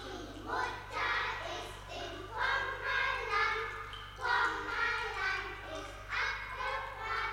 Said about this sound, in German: Weiter drüben tanzen sie Ringelreihen und singen ein Lied. Hören Sie?